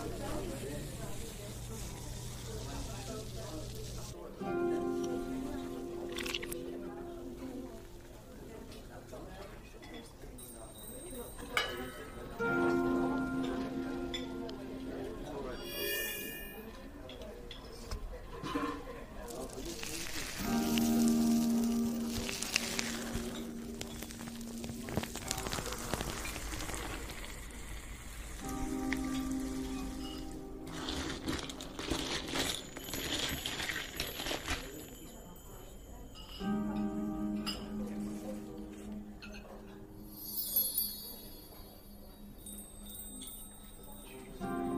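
A fantasy fairy cafe ambience with soft, low murmuring voices running throughout. Sustained, gentle tones swell in roughly every eight seconds, while light clinks and chimes sparkle high above, with a faint patter like rain in the background.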